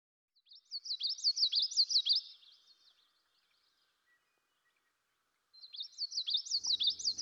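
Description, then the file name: Common yellowthroat singing a bright, rhythmic phrase repeated several times, falling silent for a few seconds, then starting again, with a brief low rumble near the end. "dan gibsons solitudes common yellowthroat"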